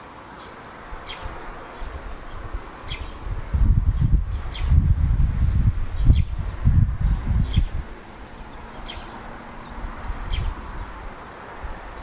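Birds call in short, bright chirps every couple of seconds, scattered across the clip. A low rumbling, rustling stretch swells from about four to eight seconds and then eases back, with a soft steady hiss underneath throughout.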